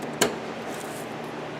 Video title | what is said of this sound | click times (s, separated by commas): How To Replace A Headlight | You push it until you hear it snap in. | 0.2 s